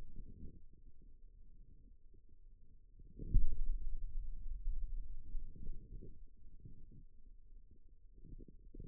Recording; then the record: forearm muscle sounds (acoustic myography)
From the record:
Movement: pen grasping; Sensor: system 2, bracelet of six BSWA MPA416 microphones around the upper forearm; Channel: 1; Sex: male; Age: 22 years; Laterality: right